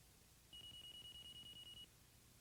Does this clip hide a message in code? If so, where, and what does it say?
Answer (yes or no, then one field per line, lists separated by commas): no